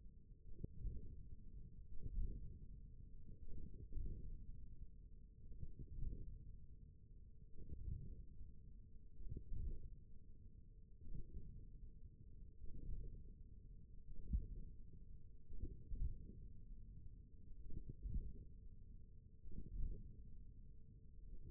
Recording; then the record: forearm muscle sounds (acoustic myography)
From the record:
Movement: hook grip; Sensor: system 1, eight BSWA MPA416 microphones around the upper forearm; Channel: 2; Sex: male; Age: 41 years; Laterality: right